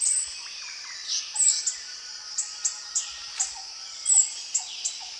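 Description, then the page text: Orange-bellied flowerpecker calls: sharp, high ticks repeated at uneven intervals over a steady high insect drone. Recorded at Danum. "Sound of Orange-bellied Flowerpecker at Danum by EDWARDS, David"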